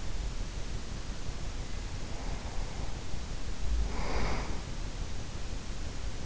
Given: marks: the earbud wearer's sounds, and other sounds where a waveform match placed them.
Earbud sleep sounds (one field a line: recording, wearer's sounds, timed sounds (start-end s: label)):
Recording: sounds in sleep by an in-ear microphone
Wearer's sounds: breath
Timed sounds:
1.53-5.40 s: breath